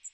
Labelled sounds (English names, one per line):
Magnolia Warbler flight call